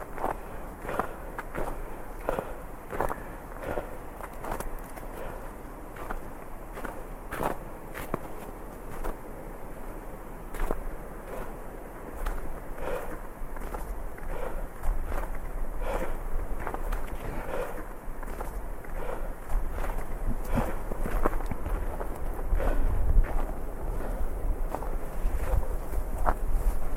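Footsteps crunch through snow in a steady walking rhythm, roughly one or two steps per second, throughout the whole recording. Underneath runs a constant low rush of river water and wind, growing somewhat louder in the second half.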